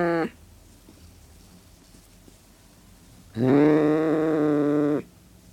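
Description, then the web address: Burmese cat with a brief yowl cut off at the start, a quiet pause, then one long, steady, moaning growl. Burmese cat, hissing and growling. "Sound Effects-BBC Cats Burmese. Burmese cat hissing and growling"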